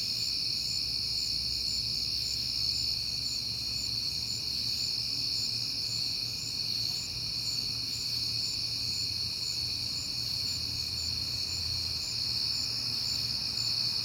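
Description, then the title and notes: Crickets keep up a dense, shrill trilling, with rhythmic pulsed chirps audible higher up and a quiet low rumble throughout. Crickets heard often in September; recorded at night on a peaceful night. "Night Time: Crickets and Passing Cars. It is September and I have been hearing the crickets a lot, but finally had a peaceful night to make the recording"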